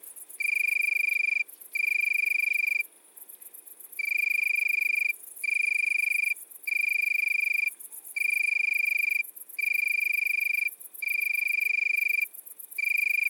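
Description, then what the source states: Italian tree cricket: continuous series of high, pure trills in bursts of about a second, briefly interrupted by short silences. Recorded at midnight at Le Puech, Cantal.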